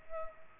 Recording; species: mosquito wingbeat signal from an infrared sensor; Culex pipiens